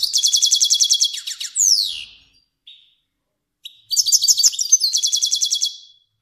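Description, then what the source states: Finch singing rapid, high-pitched rattling trills with a quick falling slur, a short gap, then another fast trill phrase. Kermani finch.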